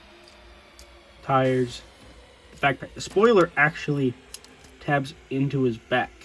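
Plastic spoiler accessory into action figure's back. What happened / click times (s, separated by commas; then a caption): Handled, not yet home: plastic piece not seated / none. Someone talks while handling the plastic spoiler backpack piece of a Transformers Legacy/Kingdom core class Hot Rod action figure, which tabs into the figure's back. A brief faint tap is heard at 0.8 s before the talking. Nothing has seated or clicked into place yet.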